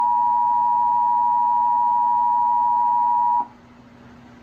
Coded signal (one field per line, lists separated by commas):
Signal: Emergency Alert System (SAME) tones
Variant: 853 and 960 Hz attention tone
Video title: Actual EAS Activation - Child Abduction Emergency in NJ via Xfinity (May 10, 2021)